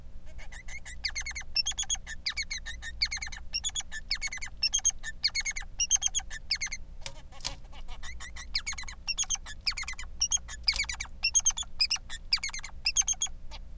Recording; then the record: song of a male Bengalese finch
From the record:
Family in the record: son of father 3